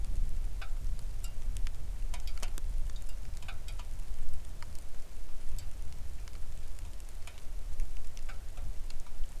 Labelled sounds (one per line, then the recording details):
wind
rain
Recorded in the Arctic National Wildlife Refuge, Alaska, on 3 August 2019 at 09:39
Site 41